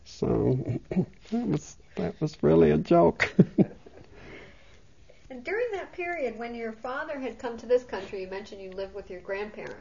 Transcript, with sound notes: So that was really a joke. (She laughs.)
And during that period when your father had come to this country, you mentioned you lived with your grandparents.